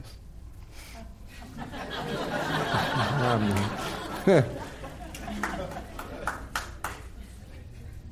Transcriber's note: laughter